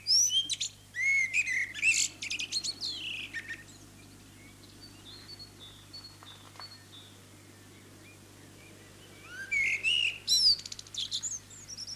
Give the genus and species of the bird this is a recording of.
Turdus merula